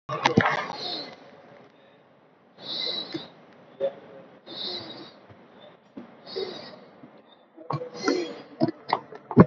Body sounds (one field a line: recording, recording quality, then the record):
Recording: deep breathing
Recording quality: moderate, slight background noise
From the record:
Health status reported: COVID-19 positive, mild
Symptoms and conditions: sore throat, fever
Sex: male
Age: 25 years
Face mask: worn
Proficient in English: yes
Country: India